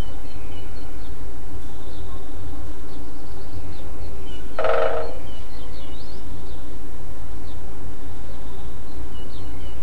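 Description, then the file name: Great spotted woodpecker drumming, one quick burst of hammering mid-way, surrounded by faint thin bird calls and a low steady hum. Drumming; recorded 5 04 07 on a MZ-N 710 recorder. "MZ-N 710 Pic epeiche tambourinant 5 04 07"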